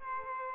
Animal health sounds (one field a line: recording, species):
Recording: mosquito wingbeat signal from an infrared sensor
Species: Aedes aegypti